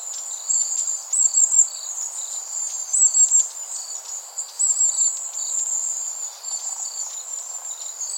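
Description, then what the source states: Long-tailed tit calls: thin, very high bursts of twittering notes coming in short clusters roughly every second or two, over a steady high hiss. Recorded 21 September 2016.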